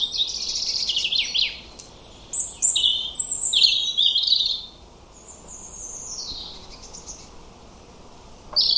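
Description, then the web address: European robin song: bursts of high trills and liquid twittering, then a quieter, thin drawn-out phrase and a pause, with another phrase starting at the end. "Deverinetal 2025 File origin Bird Only Er Ru"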